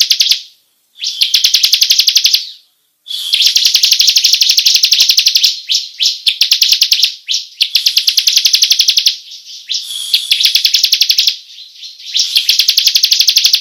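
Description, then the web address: Bar-winged prinia giving long, rapid rolling trills with few breaks, high and buzzy, the phrases varying in strength. Long rolling song style called ngerol panjang. "ciblek suara-burung-ciblek-ngerol-panjang"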